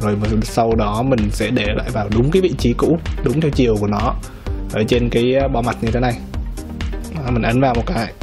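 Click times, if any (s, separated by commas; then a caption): none. A blue optical switch is pressed by hand into its original position, in the correct orientation, on the hot-swap board and metal top plate of a BossGear DarkBlade RGB mechanical keyboard. Someone talks over background music throughout, with brief sharp sounds near 6.8 and 7.2 seconds. The switch has not seated or clicked yet.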